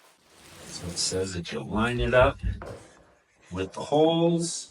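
Someone talks while lining up a red plastic brush guard with the holes on the front of a Hikole 24V two-seater kids' ride-on UTV, with faint handling noise under the voice. The clip ends before the guard is pushed home, so nothing has seated or clicked yet.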